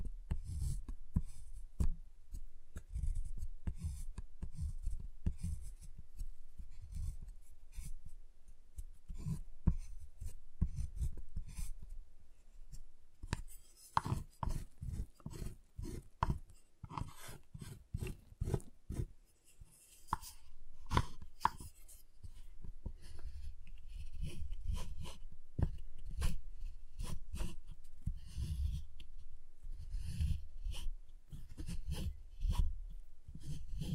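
Tapping, cutting and snapping on a giant chocolate bar, with dense runs of quick, irregular taps and scrapes throughout. Sharp, bright cracks stand out between about 14 and 20 seconds, while a dull low thudding underlies most of the clip.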